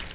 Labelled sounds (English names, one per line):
Palm Warbler flight call